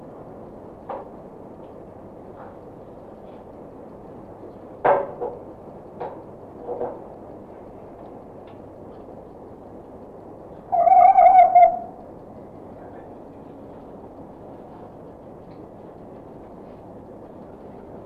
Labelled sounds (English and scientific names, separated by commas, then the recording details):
Red Fox (Vulpes vulpes)
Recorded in captivity
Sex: male
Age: adult
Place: Zoologisches Institut der HUB, Berlin, DE
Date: 1962-02-09 19:00
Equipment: Smaragd, Grundig-Mikrofon
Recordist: Tembrock, Günter
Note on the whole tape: Rüde Jau: Bellstrophe nachdem er unmittelbar vorher Beobachter mit Beißschütteln in die Hand gebissen hat. Abstand ca. 6 bis 8 m